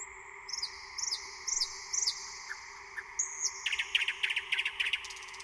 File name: SLOWIK SZARY